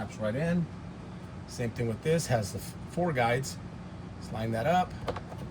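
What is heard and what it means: A second plastic trim piece with four guides is handled and lined up against the door panel of a 2005 to 2015 Nissan Xterra while someone talks. A brief tap is heard near 5.2 s, but nothing has seated or clicked yet.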